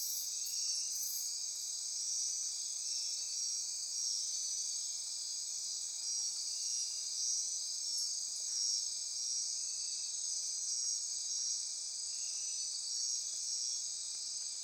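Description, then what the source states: Insect chorus, a steady high shrill ringing drone, with a few brief high clicks near the start. Insect chorus recorded at midnight near Corcovado.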